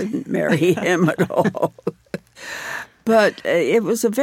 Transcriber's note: laughter